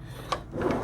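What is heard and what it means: In the kitchen cabinet of a 2005 Winnebago Vectra 36RD Class A diesel RV, the lock on the second slide-out pantry is released so the pantry can be pulled out. A single sharp click comes at 0.3 s, followed by a rubbing, sliding sound from about 0.5 s as the pantry starts to move. The lock releases.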